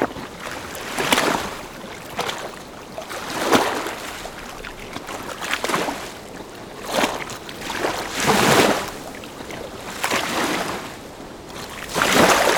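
Lake water laps and splashes in soft repeated surges roughly every one to two seconds, with a steady hiss of wind between them.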